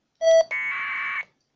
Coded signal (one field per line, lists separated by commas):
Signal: packet radio (AX.25, as in APRS)